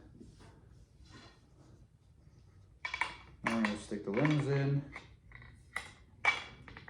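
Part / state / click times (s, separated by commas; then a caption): bow limb into riser limb pocket / not seated / none. Someone talks while handling a barebow limb at the riser limb pocket, with sharp contact knocks around 2.9–3.0 s and again near 5.8 s and 6.8 s. The limb is meant to be pushed in until it clicks and locks so it can't fly off, but nothing has seated or clicked yet.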